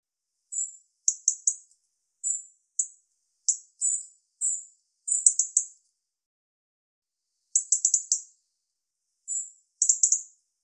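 European robin giving high, thin notes and short ticking bursts in irregular groups, with pauses of up to two seconds between them; no other sounds.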